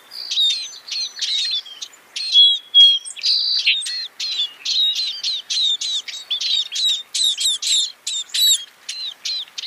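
Scaly-breasted munia calls: a steady stream of high, thin chirps and short whistled notes, tightly packed, with a few longer clear whistles near the middle.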